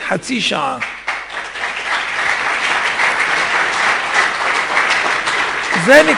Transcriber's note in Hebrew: מחיאות כפיים ומחיאות כפיים ומחיאות כפיים ומחיאות כפיים